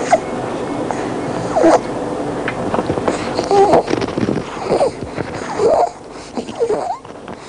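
Stridor in a child.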